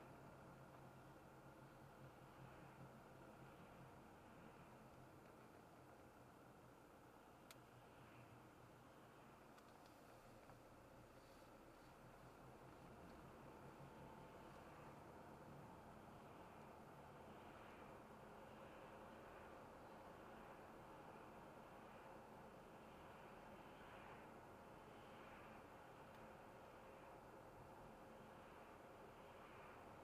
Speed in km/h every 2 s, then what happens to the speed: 35, 34, 32, 30, 31, 33, 38, 39, 40, 43, 43, 42, 41, 42, 41.
0-7 steady at about 32. 7-19 speeds up to 43. 19-30 steady at about 42.